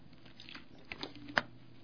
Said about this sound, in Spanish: Yo ya me tomé mi sorbito y ahora lo voy a hacer de nuevo.